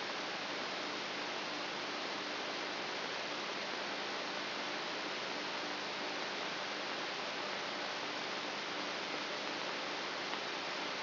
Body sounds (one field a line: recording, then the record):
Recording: brain microelectrode recording played as sound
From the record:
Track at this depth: outside the subthalamic nucleus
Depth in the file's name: 1.241 mm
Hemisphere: left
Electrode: 3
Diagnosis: Parkinson's disease